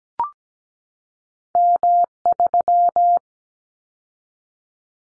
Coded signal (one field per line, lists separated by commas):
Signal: Morse code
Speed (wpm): 17 wpm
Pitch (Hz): 700 Hz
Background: none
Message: M3